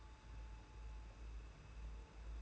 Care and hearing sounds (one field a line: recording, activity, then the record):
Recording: daily activity, microphone in the room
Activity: take from stove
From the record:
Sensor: 2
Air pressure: 991.8 hPa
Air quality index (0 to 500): 233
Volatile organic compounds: 1000 ppm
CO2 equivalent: 7810 ppm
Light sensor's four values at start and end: 18/57/22/20 and 18/57/22/20